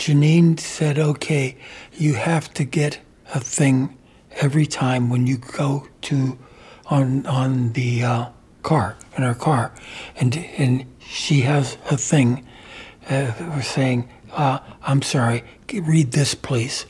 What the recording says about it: It has become much, much harder to get the words out. I have aphasia from a stroke. Aphasia means I have trouble understanding you, reading, writing, and speaking. I am intelligent but need some help with language.